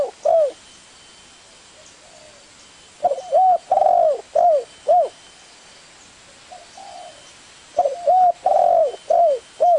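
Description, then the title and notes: Spotted Dove cooing: short phrases of several husky, slurred coos with a longer central note; a clipped phrase at the start, then two phrases separated by quiet gaps. Spotted dove calls used as a lure to attract the birds. "Pikat Burung Tekukur. suara burung tekukur"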